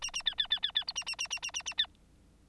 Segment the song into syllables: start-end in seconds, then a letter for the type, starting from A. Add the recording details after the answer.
0.01-0.11 A, 0.13-0.23 A, 0.25-0.35 B, 0.38-0.47 B, 0.50-0.60 B, 0.62-0.72 B, 0.75-0.84 B, 0.87-0.93 C, 0.95-1.04 A, 1.06-1.16 A, 1.18-1.28 A, 1.30-1.40 A, 1.42-1.51 A, 1.53-1.63 A, 1.66-1.74 A, 1.77-1.87 B. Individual Bird9